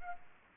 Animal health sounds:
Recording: mosquito wingbeat signal from an infrared sensor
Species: Aedes aegypti

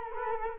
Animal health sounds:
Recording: mosquito wingbeat signal from an infrared sensor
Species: Culex quinquefasciatus

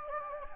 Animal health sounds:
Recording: mosquito wingbeat signal from an infrared sensor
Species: Anopheles gambiae

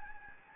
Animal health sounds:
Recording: mosquito wingbeat signal from an infrared sensor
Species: Anopheles gambiae

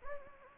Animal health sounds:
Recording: mosquito wingbeat signal from an infrared sensor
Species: Anopheles gambiae

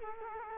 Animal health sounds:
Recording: mosquito wingbeat signal from an infrared sensor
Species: Culex quinquefasciatus

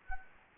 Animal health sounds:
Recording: mosquito wingbeat signal from an infrared sensor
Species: Anopheles gambiae

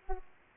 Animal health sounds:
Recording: mosquito wingbeat signal from an infrared sensor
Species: Aedes aegypti

